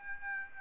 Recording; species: mosquito wingbeat signal from an infrared sensor; Aedes aegypti